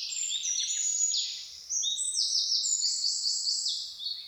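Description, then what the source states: Birds singing continuously, high sweeping whistles and fast descending trills overlap with one another, with only a brief dip early on. Birds singing in a forest in the morning.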